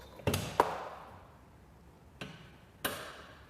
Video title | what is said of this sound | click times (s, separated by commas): Review Polaris Canvas Door Set with Lock & Ride Technology 2021 | These can be heard with an audible click as we press the door closed. | 0.6 s, 2.9 s